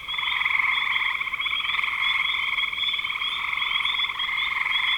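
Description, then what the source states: Frogs trilling steadily, rapid pulsed notes layered into a near-continuous buzzing chorus with a sharp high ringing band throughout. Recorded in spring 2025.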